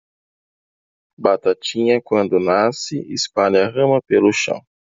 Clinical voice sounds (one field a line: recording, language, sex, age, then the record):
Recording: short text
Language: Brazilian Portuguese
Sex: male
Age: 20 to 29 years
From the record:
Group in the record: control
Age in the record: 29 years